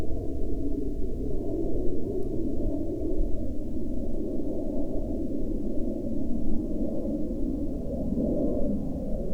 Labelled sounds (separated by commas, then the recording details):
aircraft
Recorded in the Prudhoe Bay oil fields, Alaska, on 15 August 2019 at 13:55
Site 13